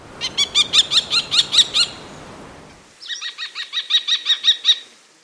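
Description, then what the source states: Common Kestrel calling in two loud bursts of shrill, ringing 'ki-ki-ki' notes, each a rapid series of several notes, with a short pause between the series. Very loud, shrill, ringing call; Latin species name tinnunculus means ringing, shrill.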